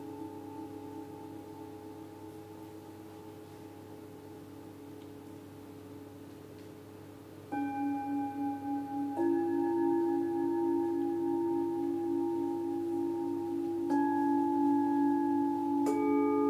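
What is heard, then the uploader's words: Metal bowls ring in long sustained tones, with new strikes near eight, nine, fourteen and sixteen seconds adding brighter, louder, slowly pulsing layers. In this session, he played his metal bowls. Slow and steady, his entire body moves to strike the bowl, moving his hand to mimic his breathing. Recorded in Paul's Apartment.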